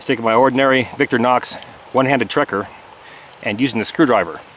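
Someone talks while handling a Victorinox One-Hand Trekker folding pocket multitool, opening its metal screwdriver blade toward the locking mechanism. Nothing has seated or clicked yet; the blade has not locked into its open position by the end of the clip.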